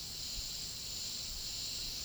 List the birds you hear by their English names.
none